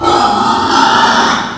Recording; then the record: squeal of a Yucatan mini pig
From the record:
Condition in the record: after surgery on the right vocal fold (resection and tissue-engineered implant); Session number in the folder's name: 15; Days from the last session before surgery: 175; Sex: female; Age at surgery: 19 weeks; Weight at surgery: 25 kg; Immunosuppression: prednisolone